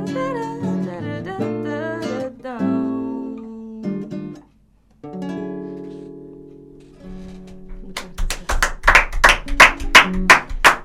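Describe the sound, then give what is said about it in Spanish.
One person, the show's operator, claps hands about a dozen times in a quick, steady rhythm, sharp and fairly loud, following a stretch of sustained melodic tones that fades out first. “Aplaude nuestro operador que no ha pasado muchas veces.”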